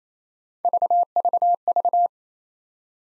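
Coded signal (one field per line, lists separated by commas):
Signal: none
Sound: three separator beeps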